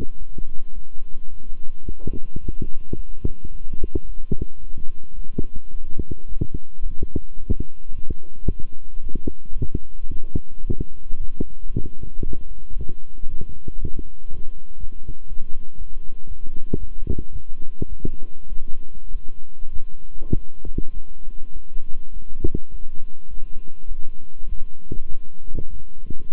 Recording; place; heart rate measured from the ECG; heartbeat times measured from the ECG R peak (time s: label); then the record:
heart sounds by stethoscope; between the tricuspid and mitral areas; 108 bpm
0.18 s: heartbeat
0.73 s: heartbeat
1.28 s: heartbeat
1.84 s: heartbeat
2.39 s: heartbeat
2.95 s: heartbeat
3.51 s: heartbeat
4.05 s: heartbeat
4.59 s: heartbeat
5.14 s: heartbeat
5.71 s: heartbeat
6.27 s: heartbeat
6.81 s: heartbeat
7.36 s: heartbeat
7.90 s: heartbeat
8.46 s: heartbeat
9.01 s: heartbeat
9.56 s: heartbeat
10.10 s: heartbeat
10.65 s: heartbeat
11.19 s: heartbeat
11.72 s: heartbeat
12.24 s: heartbeat
12.76 s: heartbeat
13.28 s: heartbeat
13.79 s: heartbeat
14.29 s: heartbeat
14.79 s: heartbeat
15.28 s: heartbeat
15.77 s: heartbeat
16.26 s: heartbeat
16.78 s: heartbeat
17.31 s: heartbeat
17.88 s: heartbeat
18.48 s: heartbeat
19.10 s: heartbeat
19.71 s: heartbeat
20.32 s: heartbeat
20.92 s: heartbeat
21.52 s: heartbeat
22.12 s: heartbeat
22.70 s: heartbeat
23.29 s: heartbeat
23.87 s: heartbeat
24.47 s: heartbeat
25.08 s: heartbeat
25.69 s: heartbeat
26.30 s: heartbeat
From the record:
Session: walking at 3.7 km/h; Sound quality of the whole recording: good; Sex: male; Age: 26 years